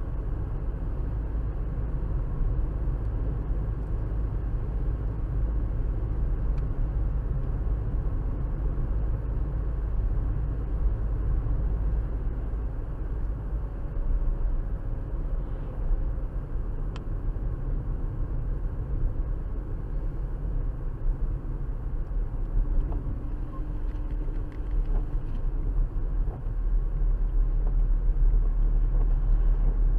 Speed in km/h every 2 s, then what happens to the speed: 64, 64, 64, 64, 64, 64, 64, 61, 56, 55, 53, 52, 48, 45, 45.
0-12 steady at about 64. 12-26 slows to 45.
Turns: none.